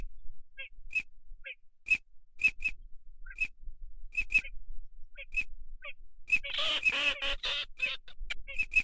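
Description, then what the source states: Ducks calling: sparse high peeps for several seconds, then a loud, rapid burst of rough, quacking chatter before the peeps resume. Migratory ducks, both male and female.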